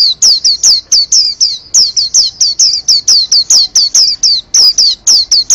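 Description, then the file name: White-eye song: a rapid stream of shrill, downward-sweeping chirps, closely spaced with only brief hesitations between short runs. "pleci"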